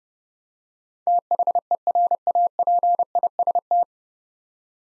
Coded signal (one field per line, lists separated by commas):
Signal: Morse code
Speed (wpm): 30 wpm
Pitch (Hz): 700 Hz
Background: none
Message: THERAPIST